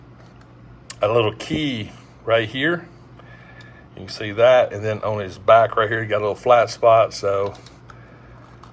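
Someone talks while handling a plastic accessory next to the small keyed peg, with a flat spot, on the back of an Egg Attack Deadpool Hot Topic exclusive vinyl/plastic action figure, with faint handling ticks around 0.9 s and 7.9 s. The accessory is not pushed home yet, so nothing has seated or clicked by the end of the clip.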